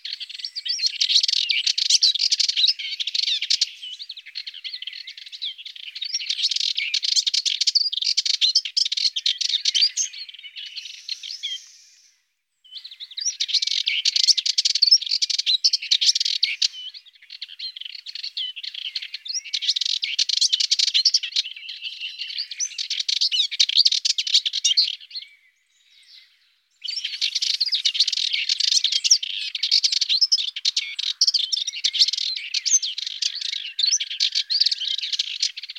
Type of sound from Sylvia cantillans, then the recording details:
song. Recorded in the wild. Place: St. Laurent des Arbres und Umgebung, FR. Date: 1997-04-28. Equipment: Dat-Recorder Casio DA 7, Telinga DAT, stereo, Telinga-Parabolspiegel. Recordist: Schwarz, Dieter